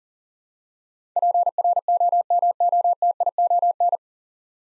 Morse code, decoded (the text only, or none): PROMOTION